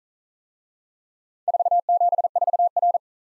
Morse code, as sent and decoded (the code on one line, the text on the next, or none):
....- --... ....- .-.
474R